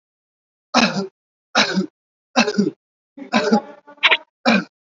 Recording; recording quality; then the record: heavy voluntary cough; poor, much background noise or distortion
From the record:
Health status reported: COVID-19 positive, no symptoms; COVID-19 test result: positive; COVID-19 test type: RT-PCR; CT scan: not taken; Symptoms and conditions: none ticked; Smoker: yes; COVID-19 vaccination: both doses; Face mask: worn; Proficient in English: yes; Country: India